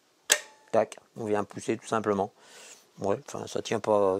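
A small plastic cover over the rear brake cable area of a Suzuki LT 50cc mini quad is pushed on by hand. Its little punched bumps snap into a groove with one short, sharp click at 0.3 s, and the cover is seated. Someone talks throughout.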